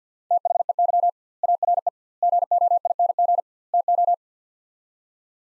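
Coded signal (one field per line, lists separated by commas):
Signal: Morse code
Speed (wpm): 50 wpm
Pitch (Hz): 700 Hz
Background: none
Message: THEY ARE GOING TO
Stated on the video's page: Morse practice of four-word sets at 50 wpm with 2x word spacing, a Farnsworth-like method applied to words.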